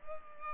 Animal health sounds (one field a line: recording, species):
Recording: mosquito wingbeat signal from an infrared sensor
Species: Culex pipiens